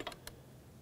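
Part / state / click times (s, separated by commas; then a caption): electrical connector onto engine VVT solenoid / seated / 0.3 s. An electrical connector is pushed by hand onto the variable valve timing (VVT) solenoid of a 2006–2010 BMW 550i engine until it locks. A couple of short, light clicks come at the start, then a sharper click at 0.3 s as the connector locks into place. The connector is seated, and a pull on it confirms it is locked in.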